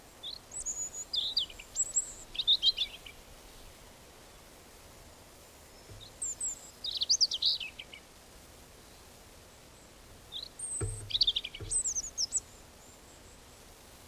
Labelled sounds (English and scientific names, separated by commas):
European Robin (Erithacus rubecula) song